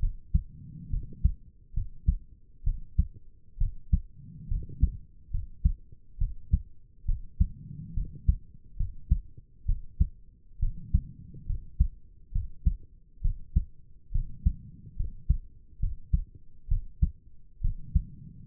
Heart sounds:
heart sounds by stethoscope; 68 bpm
0.90 s: heartbeat
1.73 s: heartbeat
2.63 s: heartbeat
3.57 s: heartbeat
4.48 s: heartbeat
5.30 s: heartbeat
6.18 s: heartbeat
7.05 s: heartbeat
7.94 s: heartbeat
8.76 s: heartbeat
9.65 s: heartbeat
10.59 s: heartbeat
11.46 s: heartbeat
12.32 s: heartbeat
13.21 s: heartbeat
14.11 s: heartbeat
14.96 s: heartbeat
15.79 s: heartbeat
16.68 s: heartbeat
17.61 s: heartbeat
18.46 s: heartbeat
From the record:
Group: healthy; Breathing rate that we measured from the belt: 18 breaths a minute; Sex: female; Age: 22 years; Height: 154 cm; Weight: 58.7 kg

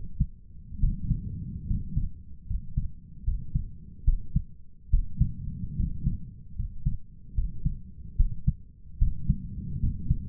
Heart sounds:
heart sounds by stethoscope; 73 bpm
0.79 s: heartbeat
1.66 s: heartbeat
2.46 s: heartbeat
3.23 s: heartbeat
4.04 s: heartbeat
4.89 s: heartbeat
5.75 s: heartbeat
6.55 s: heartbeat
7.34 s: heartbeat
8.16 s: heartbeat
8.97 s: heartbeat
9.79 s: heartbeat
From the record:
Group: healthy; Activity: rest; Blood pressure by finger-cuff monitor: 102/66 mmHg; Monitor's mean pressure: 72 mmHg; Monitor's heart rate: 73 bpm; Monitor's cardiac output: 6.8 L/min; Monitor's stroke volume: 95 mL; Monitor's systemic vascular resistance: 750 dyn s/cm5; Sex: male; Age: 23 years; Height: 178 cm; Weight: 96.6 kg

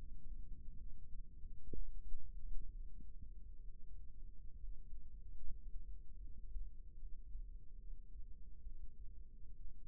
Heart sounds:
heart sounds by microphone in the right ear; 68 bpm
0.76 s: heartbeat
1.70 s: heartbeat
2.69 s: heartbeat
3.63 s: heartbeat
4.57 s: heartbeat
5.40 s: heartbeat
6.19 s: heartbeat
6.97 s: heartbeat
7.76 s: heartbeat
8.60 s: heartbeat
9.54 s: heartbeat
From the record:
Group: healthy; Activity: rest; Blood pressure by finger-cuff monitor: 141/61 mmHg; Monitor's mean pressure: 88 mmHg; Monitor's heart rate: 72 bpm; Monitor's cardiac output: 7.5 L/min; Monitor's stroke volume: 104 mL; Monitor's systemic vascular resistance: 890 dyn s/cm5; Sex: female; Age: 37 years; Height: 168 cm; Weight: 70 kg

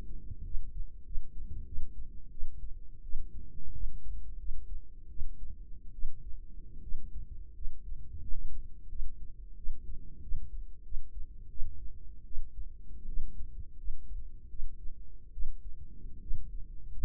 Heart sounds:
heart sounds by microphone in the right ear; 84 bpm
0.44 s: heartbeat
1.04 s: heartbeat
1.66 s: heartbeat
2.31 s: heartbeat
3.03 s: heartbeat
3.73 s: heartbeat
4.38 s: heartbeat
5.09 s: heartbeat
5.92 s: heartbeat
6.81 s: heartbeat
7.54 s: heartbeat
8.20 s: heartbeat
8.89 s: heartbeat
9.56 s: heartbeat
10.21 s: heartbeat
10.83 s: heartbeat
11.49 s: heartbeat
12.25 s: heartbeat
13.06 s: heartbeat
13.77 s: heartbeat
14.49 s: heartbeat
15.32 s: heartbeat
16.20 s: heartbeat
16.91 s: heartbeat
From the record:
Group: healthy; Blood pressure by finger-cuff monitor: 93/50 mmHg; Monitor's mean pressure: 63 mmHg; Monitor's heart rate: 88 bpm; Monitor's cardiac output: 8.3 L/min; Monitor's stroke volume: 92 mL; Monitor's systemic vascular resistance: 540 dyn s/cm5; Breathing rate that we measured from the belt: 19 breaths a minute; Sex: female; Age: 22 years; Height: 157 cm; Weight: 47.6 kg

